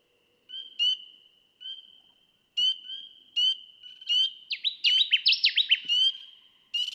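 Connecticut warbler song, spaced chips building into an emphatic run of repeated downslurred notes near the end, with a steady high background tone throughout.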